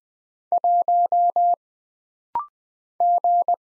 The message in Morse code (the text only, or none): 1 G